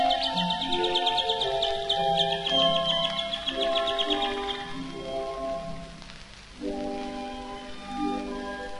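Canary song, rapid chattering trills for the first five seconds, then fading, over steady melodic background music.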